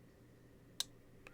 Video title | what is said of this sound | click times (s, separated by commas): Surprising Affordable EDC Knife Hits ALL The Right Spots - Knife Unboxing | nice positive click | 0.8 s